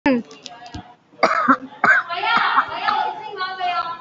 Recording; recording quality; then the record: shallow voluntary cough; moderate, slight background noise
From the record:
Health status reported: COVID-19 positive, moderate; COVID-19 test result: positive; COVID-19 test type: RT-PCR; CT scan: taken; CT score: 5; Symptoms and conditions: cough, cold, breathing difficulty, sore throat, fatigue, muscle pain, loss of smell and taste, asthma, hypertension, diabetes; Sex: female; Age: 69 years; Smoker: no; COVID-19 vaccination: one dose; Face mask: worn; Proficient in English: yes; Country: India